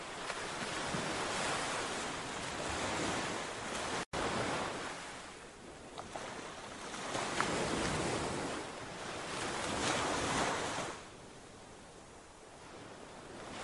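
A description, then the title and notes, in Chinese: Flowing water rushes in a dense, hissing wash that swells and eases in slow surges, loudest early on and again around the middle, then settles lower after about eleven seconds. A brief silent break interrupts it near four seconds, and wind buffets faintly underneath. 流水聲。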